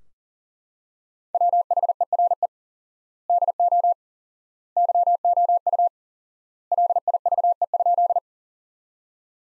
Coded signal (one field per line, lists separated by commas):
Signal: Morse code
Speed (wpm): 40 wpm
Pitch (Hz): 700 Hz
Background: none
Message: WHERE DO YOU LIVE?